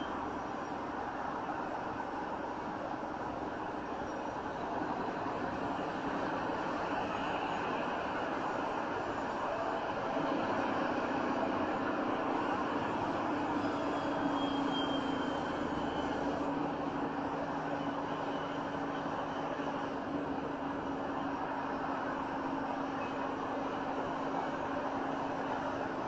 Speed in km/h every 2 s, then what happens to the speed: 64, 63, 63, 64, 64, 64, 60, 55, 53, 53, 52, 52, 52.
0-10 steady at about 64. 10-15 slows to 53. 15-26 steady at about 52.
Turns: none.